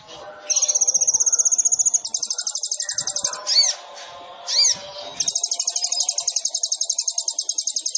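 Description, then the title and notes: Sunbird song: shrill, rapid buzzy trills high up, a long steady trill followed by pulsing trills, broken by two quick arched notes, then the pulsing trill resumes. Indonesian masteran training recording with full isian (fill phrases) and tembakan (shot phrases); kolibri ninja singing gacor (vigorously); meant as pancingan to provoke other birds into singing. "MASTERAN KOLIBRI NINJA TERBAIK FULL ISIAN DAN TEMBAKAN MEWAH COCOK BUAT PANCINGAN. Suara Burung Kolibri Ninja Gacor"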